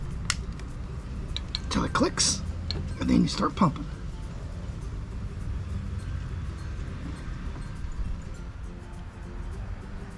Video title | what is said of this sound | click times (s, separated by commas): Flow-Rite Battery Watering System Install | snap it in till it clicks and | 0.3 s